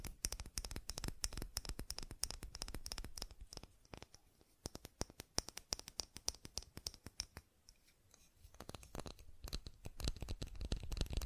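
Fast tapping in quick, uneven bursts, sharp clicks following one another many times a second with a bright, crisp edge. The taps thin out and soften around the middle, then grow denser and louder again toward the end over a low rumble.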